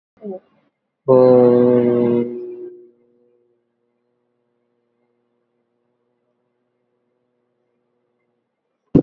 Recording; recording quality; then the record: sustained vowel as in boot; excellent, no background noise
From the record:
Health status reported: COVID-19 positive, moderate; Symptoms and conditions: sore throat, fever, fatigue, muscle pain, loss of smell and taste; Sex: male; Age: 25 years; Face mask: not worn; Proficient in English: no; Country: India